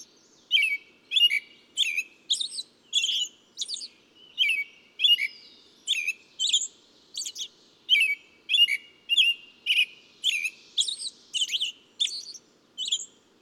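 Bird singing a long, fairly even series of clear, whistled chirps, about one and a half per second, with a faint hum behind.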